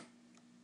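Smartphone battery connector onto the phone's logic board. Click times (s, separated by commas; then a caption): 0.4 s. A smartphone battery's connector clip is pressed by hand onto the phone's logic board while the phone is held in the other hand. A short, faint tick-like click is heard at 0.4 s over a low steady hum as the connector locks into place, and the battery is seated.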